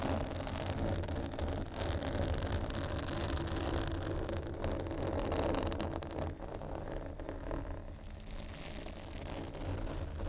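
Dense scratching and tapping over a steady low rumbling drone, with rapid gritty scrapes and clicks running throughout and easing slightly after six seconds.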